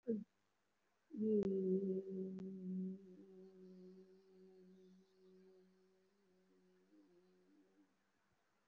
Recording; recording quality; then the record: sustained vowel as in beet; excellent, no background noise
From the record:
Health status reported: recovered from COVID-19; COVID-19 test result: positive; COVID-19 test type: RT-PCR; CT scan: taken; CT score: 3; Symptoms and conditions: cough, cold, breathing difficulty, chronic lung disease, pneumonia, hypertension, diabetes, another condition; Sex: female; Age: 63 years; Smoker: no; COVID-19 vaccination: none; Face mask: worn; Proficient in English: yes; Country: India